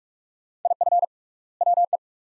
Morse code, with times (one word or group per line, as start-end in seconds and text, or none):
0.7-1.0 IF
1.6-2.0 WE